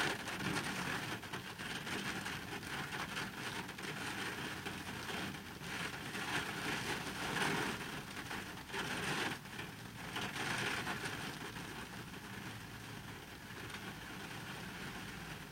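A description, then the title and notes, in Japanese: Heavy rain heard from inside an empty car, a dense, steady hiss that covers everything from low to bright. A low rumble sits underneath, and the wash swells and eases slightly, with brief louder gusts around seven and ten seconds. とある日の雨の日の車内。無人の車内で録った音です。大雨の日に人のいない車内ではどんな音がしてるのかなと思って録ってみました。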